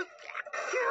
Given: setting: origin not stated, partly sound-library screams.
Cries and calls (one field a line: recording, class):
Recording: one-second piece from a danger detection set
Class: woman in danger